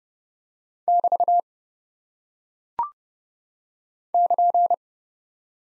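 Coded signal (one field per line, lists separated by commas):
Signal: Morse code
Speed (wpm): 30 wpm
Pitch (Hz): 700 Hz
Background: none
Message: <BT> <KN>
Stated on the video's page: Head-copy practice of single punctuation and prosign characters at 30 wpm; each is sent in Morse, spoken, then sent again.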